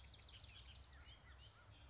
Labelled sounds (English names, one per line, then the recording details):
Bullock's Oriole
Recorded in Sonoma County, California